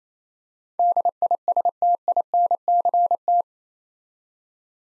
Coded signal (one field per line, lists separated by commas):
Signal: Morse code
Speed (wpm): 28 wpm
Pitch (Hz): 700 Hz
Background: none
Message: DISTINCT